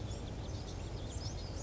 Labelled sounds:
Western Flycatcher
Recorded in Sonoma County, California

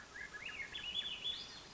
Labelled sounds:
Swainson's Thrush
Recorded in Sonoma County, California

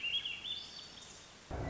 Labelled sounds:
Swainson's Thrush
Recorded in Sonoma County, California

